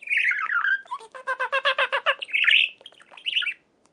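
Budgerigar chatter: a harsh squawky note, then a fast run of rhythmic warbled pulses, followed by more grating squawks and a final short burst before silence.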